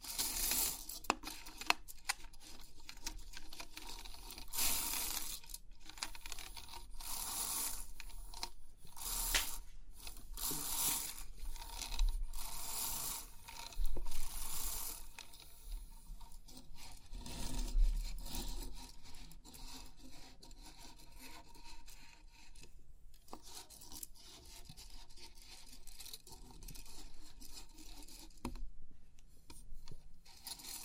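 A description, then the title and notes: Crisp tapping and rubbing on a pin art toy, the many small pins making dense, bright clicking and scraping. Loud, rattling bursts come every few seconds through the first fifteen seconds, then the sound settles into quieter, sparser ticks and rubs with brief pauses. Crisp 3D Pin Art Tingles(No Talking).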